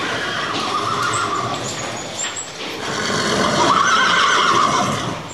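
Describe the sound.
Horse whinnying against a dense, noisy background.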